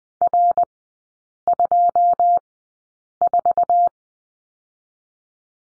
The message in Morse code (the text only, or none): R24